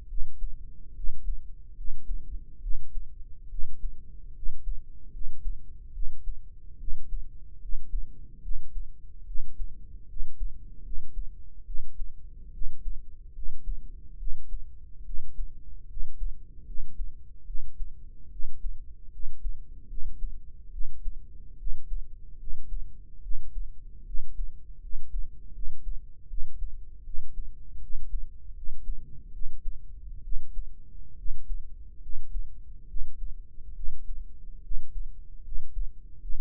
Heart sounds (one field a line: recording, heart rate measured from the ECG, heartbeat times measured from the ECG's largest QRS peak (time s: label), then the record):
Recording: heart sounds by microphone in the right ear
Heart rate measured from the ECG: 73 bpm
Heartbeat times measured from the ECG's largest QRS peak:
0.07 s: heartbeat
0.94 s: heartbeat
1.75 s: heartbeat
2.60 s: heartbeat
3.48 s: heartbeat
4.33 s: heartbeat
5.11 s: heartbeat
5.92 s: heartbeat
6.77 s: heartbeat
7.59 s: heartbeat
8.41 s: heartbeat
9.25 s: heartbeat
10.06 s: heartbeat
10.82 s: heartbeat
11.64 s: heartbeat
12.51 s: heartbeat
13.33 s: heartbeat
14.17 s: heartbeat
15.04 s: heartbeat
15.87 s: heartbeat
16.64 s: heartbeat
17.45 s: heartbeat
18.29 s: heartbeat
19.10 s: heartbeat
19.87 s: heartbeat
20.70 s: heartbeat
21.57 s: heartbeat
22.37 s: heartbeat
23.21 s: heartbeat
24.04 s: heartbeat
24.80 s: heartbeat
25.52 s: heartbeat
26.27 s: heartbeat
27.03 s: heartbeat
27.80 s: heartbeat
28.54 s: heartbeat
29.31 s: heartbeat
30.22 s: heartbeat
31.15 s: heartbeat
32.00 s: heartbeat
32.86 s: heartbeat
33.73 s: heartbeat
34.61 s: heartbeat
35.42 s: heartbeat
36.19 s: heartbeat
From the record:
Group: healthy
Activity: rest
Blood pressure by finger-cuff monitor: 110/74 mmHg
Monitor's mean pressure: 85 mmHg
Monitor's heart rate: 73 bpm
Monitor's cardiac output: 5.6 L/min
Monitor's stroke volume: 76 mL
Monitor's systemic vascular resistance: 1110 dyn s/cm5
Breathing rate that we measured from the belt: 20 breaths a minute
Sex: male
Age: 21 years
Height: 170 cm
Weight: 71 kg